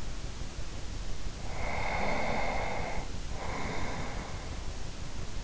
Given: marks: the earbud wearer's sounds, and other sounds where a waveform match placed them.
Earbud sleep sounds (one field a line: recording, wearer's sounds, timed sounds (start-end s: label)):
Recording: sounds in sleep by an in-ear microphone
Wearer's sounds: breath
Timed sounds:
1.29-4.85 s: breath